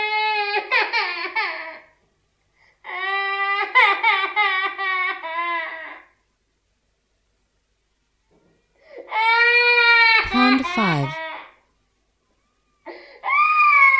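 A 14-month-old baby boy crying: four bouts of loud, high-pitched, wavering wailing, most two to three seconds long and the last cut short, with silent pauses for breath between them. One bout ends in a sharp downward sliding cry. This is ordinary distressed crying in a toddler.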